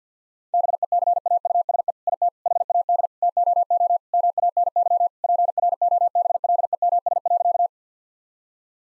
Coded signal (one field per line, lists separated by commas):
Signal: Morse code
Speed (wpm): 50 wpm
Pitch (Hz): 700 Hz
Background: none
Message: BECAUSE IT HAD TOO MANY PROBLEMS.